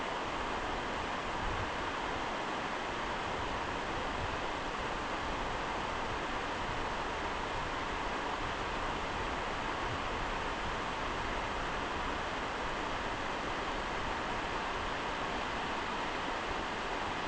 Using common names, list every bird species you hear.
none